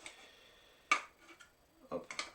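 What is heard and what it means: A plastic part is closed onto the body of a toy pump blaster, its small tooth hooking over the top before the part clips in. After a faint tick near the start, a sharp plastic click at 0.9 s marks the part snapping shut and seated, followed by a few softer taps and clicks around 2.0–2.2 s.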